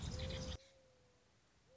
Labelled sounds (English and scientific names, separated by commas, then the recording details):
Mourning Dove (Zenaida macroura)
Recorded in Sonoma County, California